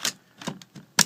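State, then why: Seated. Small plastic flaps on the legs of a large plastic combining robot lion toy are pushed into the leg until they snap. A few soft plastic clicks and knocks lead up to a sharp, loud snap at 1.0 s as the leg flap seats into place.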